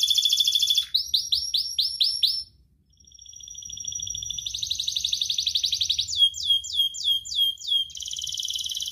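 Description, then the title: Canary song moving through a buzzy trill, rising swept notes, a short gap, a thin steady whistle, then dense rolling trills and quick repeated slurs. Actively singing canary ('kenari gacor') with its best 'cengkok' ornamented phrasing and richest 'isian' fill-in material, from Indonesian songbird-keeping hobby (kicaumania) circles. "Kenari Gacor Cengkok Terbaik Isian Paling Mewah Kenarigacor Kicaumania Kenari"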